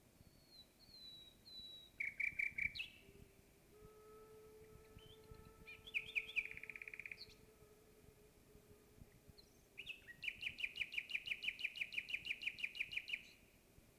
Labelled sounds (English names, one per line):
Common Nightingale song